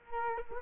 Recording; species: mosquito wingbeat signal from an infrared sensor; Culex quinquefasciatus